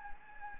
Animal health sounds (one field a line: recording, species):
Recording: mosquito wingbeat signal from an infrared sensor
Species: Anopheles gambiae